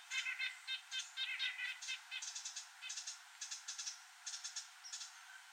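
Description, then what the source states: Birds scolding: rapid bursts of dry, chattering notes repeated in quick clusters. Birds scolding a Northern Saw-whet Owl.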